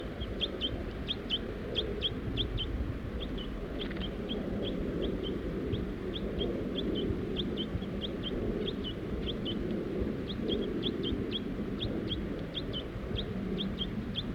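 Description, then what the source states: Crossbill calls, many short chips in loose bursts over a steady broad background hiss. Crossbill family including juveniles perched in Virginia pines at the edge of a grove of trees.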